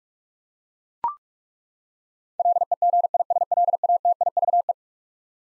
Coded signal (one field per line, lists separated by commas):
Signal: Morse code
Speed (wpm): 42 wpm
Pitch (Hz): 700 Hz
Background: none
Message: LEGISLATIVE